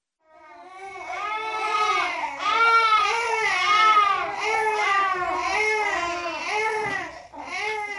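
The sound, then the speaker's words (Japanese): Cats yowling during mating in a drawn-out, wailing chorus that sounds much like a crying baby, with rising and falling high-pitched cries that overlap continuously for several seconds. “猫がデートしているんだよ。”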